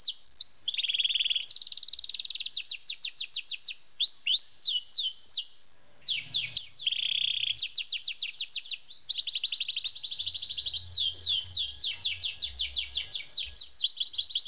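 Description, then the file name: Canary singing nonstop: quick high rolling trills, rapid downslurred note series and short buzzy tours alternating, with brief pauses and faint low rumbling underneath. Australian plainhead canary. "kenari australian plainhead"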